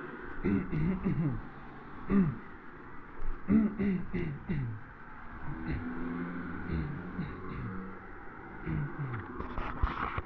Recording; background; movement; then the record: throat clearing; traffic; walking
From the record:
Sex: male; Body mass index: 21.0 kg/m2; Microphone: on the chest, facing the body